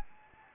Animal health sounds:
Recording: mosquito wingbeat signal from an infrared sensor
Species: Anopheles gambiae

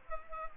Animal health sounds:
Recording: mosquito wingbeat signal from an infrared sensor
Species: Culex pipiens

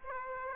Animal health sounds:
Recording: mosquito wingbeat signal from an infrared sensor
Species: Aedes aegypti

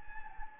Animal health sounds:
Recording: mosquito wingbeat signal from an infrared sensor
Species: Anopheles gambiae

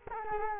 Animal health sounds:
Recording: mosquito wingbeat signal from an infrared sensor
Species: Culex quinquefasciatus

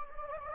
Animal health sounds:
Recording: mosquito wingbeat signal from an infrared sensor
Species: Anopheles gambiae

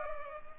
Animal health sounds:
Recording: mosquito wingbeat signal from an infrared sensor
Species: Culex pipiens

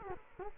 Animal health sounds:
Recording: mosquito wingbeat signal from an infrared sensor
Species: Culex quinquefasciatus

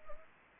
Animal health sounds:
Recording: mosquito wingbeat signal from an infrared sensor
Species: Anopheles gambiae

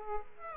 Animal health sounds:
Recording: mosquito wingbeat signal from an infrared sensor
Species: Aedes aegypti

